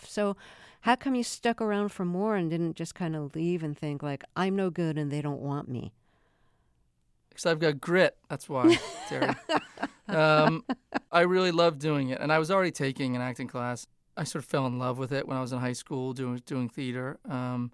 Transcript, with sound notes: So how come you stuck around for more and didn't just kind of leave and think, like, I'm no good, and they don't want me?
Because I've got grit. That's why, Terry.
(Laughter).
I really love doing it. And I was already taking an acting class. I sort of fell in love with it when I was in high school doing theater.